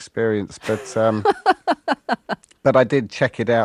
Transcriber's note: laughs